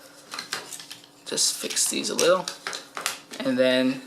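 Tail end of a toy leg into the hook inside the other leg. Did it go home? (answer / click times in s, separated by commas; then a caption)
yes / 0.5 s. The tail end of a toy leg piece on a robot toy snaps into the plastic hook inside the other leg, with a sharp click at 0.5 s after a few small plastic taps, so the piece is seated. Someone talks afterward while more light plastic handling continues.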